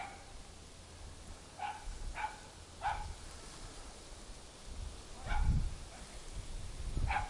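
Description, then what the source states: Dog giving single barks at irregular intervals, with a low rumble and thuds underneath. Suburban atmosphere with a dog.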